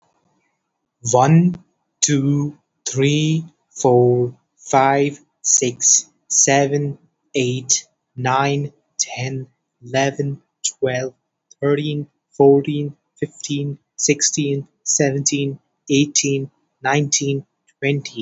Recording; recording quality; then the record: counting at a normal pace; excellent, no background noise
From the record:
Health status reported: healthy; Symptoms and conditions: none ticked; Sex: male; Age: 19 years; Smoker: not ticked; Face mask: not worn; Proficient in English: yes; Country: India